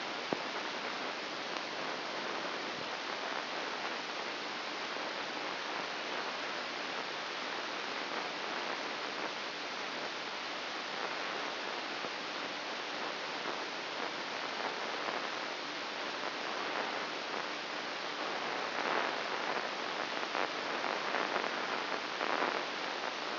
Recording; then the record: brain microelectrode recording played as sound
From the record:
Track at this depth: inside the subthalamic nucleus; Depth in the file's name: 3.402 mm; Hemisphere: right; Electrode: 2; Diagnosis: Parkinson's disease